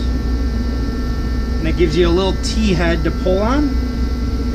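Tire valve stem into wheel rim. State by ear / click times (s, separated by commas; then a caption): not seated / none. A valve stem pull tool with a small T-head is screwed onto a new rubber tire valve stem that has been fed through the back of a wheel rim, ready to pull the stem through the hole. Someone talks over a steady low hum and buzz, with no distinct impacts. The stem has not yet been pulled into place, and nothing has seated or clicked in this clip.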